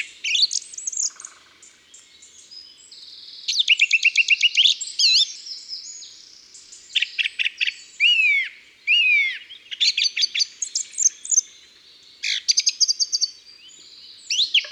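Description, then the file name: Song thrush song: bright high phrases, several repeated in quick series, separated by short pauses, with rapid stuttering notes and clear whistles. Song thrush singing in the countryside. "Grive muscienne Chants doiseaux dans la campagne"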